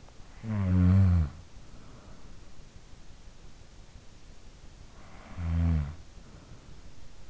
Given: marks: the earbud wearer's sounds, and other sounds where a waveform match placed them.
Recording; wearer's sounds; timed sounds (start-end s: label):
sounds in sleep by an in-ear microphone; snoring breath
0.07-2.47 s: snoring breath
4.80-7.30 s: snoring breath